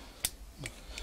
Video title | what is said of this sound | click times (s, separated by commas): Saluga Castle on Sci Fi Ninja Theater | and it folds back up and it locks | 0.2 s